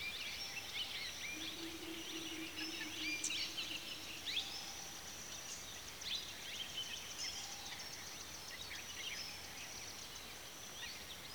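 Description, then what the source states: Birds twittering, with quick high chirps scattered throughout, and a low steady drone heard briefly early on. Birds at a watering hole in the afternoon.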